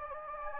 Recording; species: mosquito wingbeat signal from an infrared sensor; Anopheles gambiae